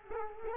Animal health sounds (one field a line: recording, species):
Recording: mosquito wingbeat signal from an infrared sensor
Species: Culex quinquefasciatus